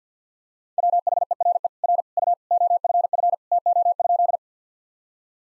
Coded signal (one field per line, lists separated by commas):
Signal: Morse code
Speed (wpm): 50 wpm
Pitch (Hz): 700 Hz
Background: none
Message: WHERE R U OFF TO?